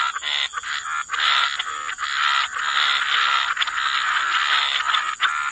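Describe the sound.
Frogs in chorus, many overlapping croaking calls forming a near-continuous wash of sound, with a steady high hiss.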